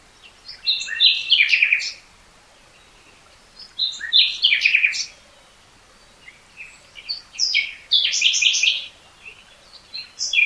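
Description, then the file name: Common nightingale song in three bursts of dense chattering, crackling notes with quieter gaps between, and another beginning at the end. "Luscinia megarhynchos"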